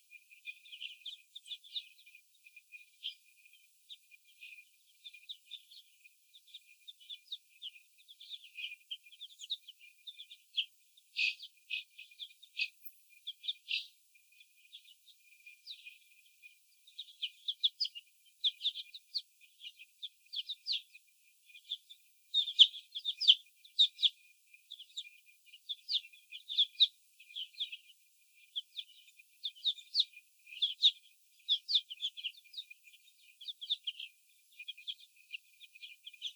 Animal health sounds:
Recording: young laying hens in a cage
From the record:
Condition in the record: after the stressor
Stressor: sudden umbrella opening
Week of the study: 2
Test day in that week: 1

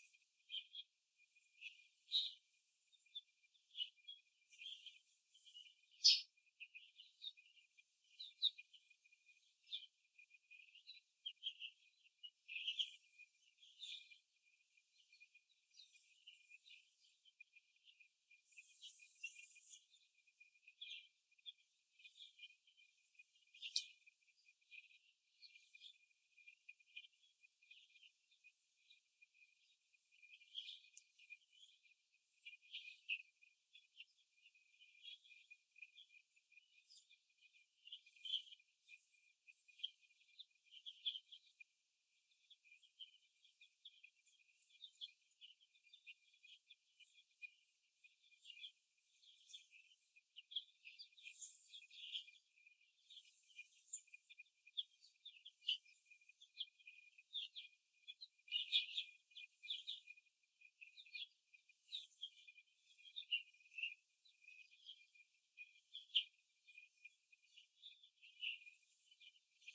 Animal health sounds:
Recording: young laying hens in a cage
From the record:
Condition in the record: after the stressor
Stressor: simulated dog barking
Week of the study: 2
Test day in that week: 2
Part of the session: 3

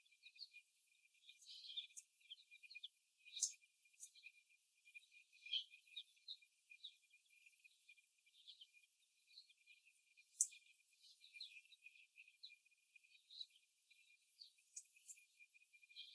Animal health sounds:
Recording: young laying hens in a cage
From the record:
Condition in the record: before the stressor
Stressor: simulated dog barking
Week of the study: 1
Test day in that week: 1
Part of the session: 2

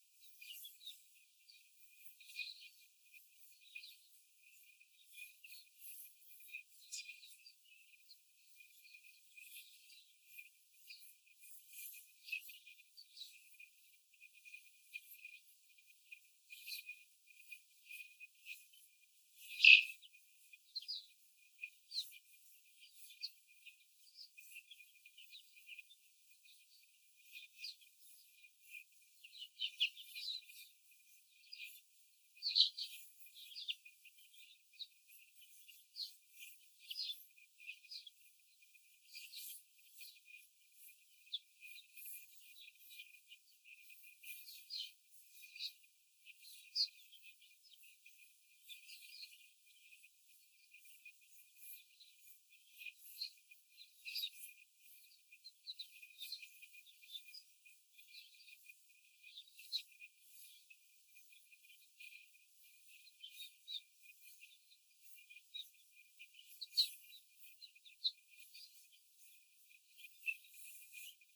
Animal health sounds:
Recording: young laying hens in a cage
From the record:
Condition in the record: after the stressor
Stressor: simulated dog barking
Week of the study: 4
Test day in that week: 1

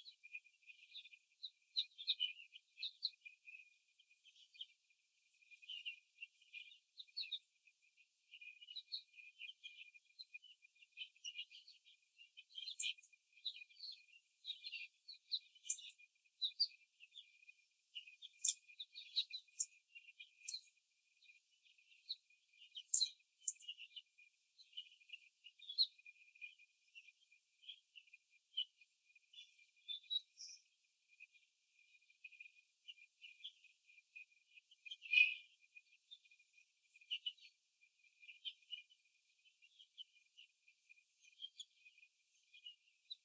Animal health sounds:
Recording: young laying hens in a cage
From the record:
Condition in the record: after the stressor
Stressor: simulated dog barking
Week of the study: 3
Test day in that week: 1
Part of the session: 3

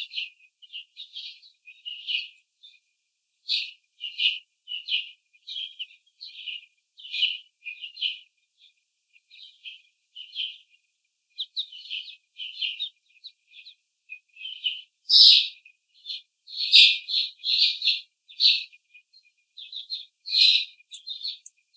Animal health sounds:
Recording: young laying hens in a cage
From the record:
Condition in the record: after the stressor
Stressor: simulated dog barking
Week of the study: 4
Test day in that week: 3

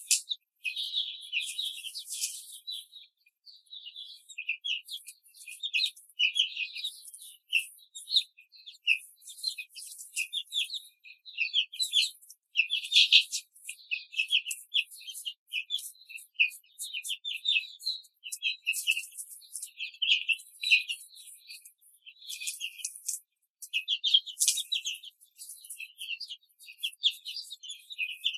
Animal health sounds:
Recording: young laying hens in a cage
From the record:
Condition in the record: control cage, before the stress test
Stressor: none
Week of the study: 4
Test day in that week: 3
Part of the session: 2

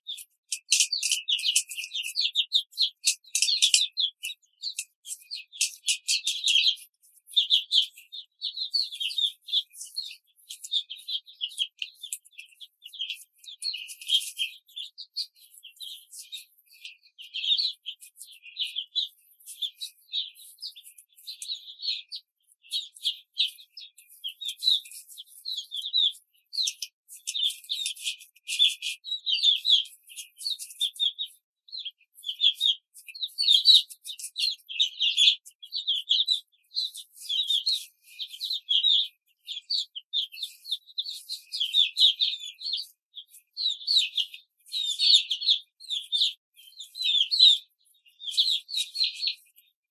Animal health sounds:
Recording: young laying hens in a cage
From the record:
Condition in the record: control cage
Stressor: none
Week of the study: 5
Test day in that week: 1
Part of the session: 3

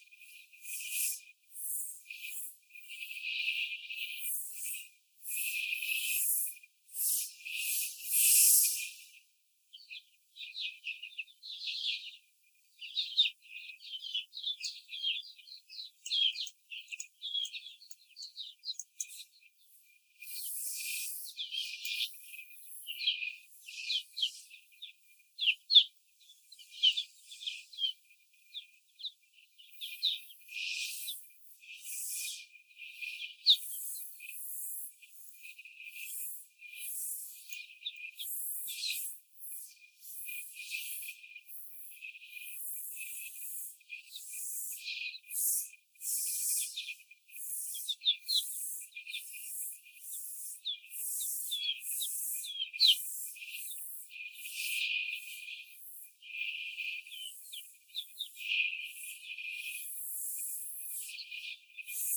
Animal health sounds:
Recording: young laying hens in a cage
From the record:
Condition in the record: before the stressor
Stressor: simulated dog barking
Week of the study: 4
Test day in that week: 2

